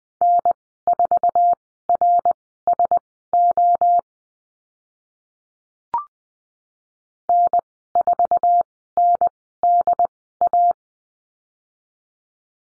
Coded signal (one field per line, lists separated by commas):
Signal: Morse code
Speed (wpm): 20 wpm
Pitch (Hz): 700 Hz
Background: none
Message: N4RSO N4NDA